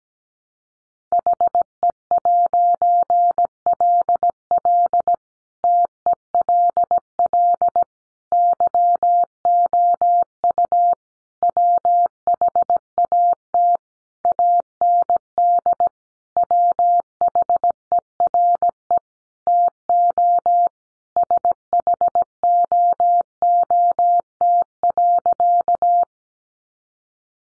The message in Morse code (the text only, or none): HE'LL TELL YOU WHAT AND WHERE TO SHOOT.